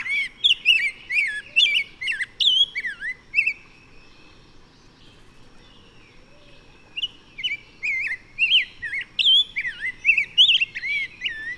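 Bird song: two phrases of varied whistled and chirped notes, each several seconds long, separated by a quiet gap of about three seconds.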